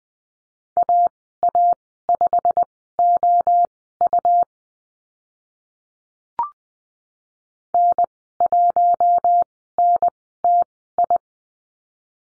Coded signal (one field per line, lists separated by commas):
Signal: Morse code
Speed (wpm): 20 wpm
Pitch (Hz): 700 Hz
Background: none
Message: AA5OU N1NTI